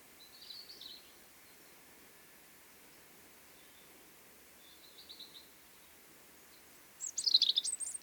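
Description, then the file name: European robin giving thin, high warbled phrases: two quiet short ones early, then a louder, quickly twisting high phrase at the end. "Erithacus rubecula"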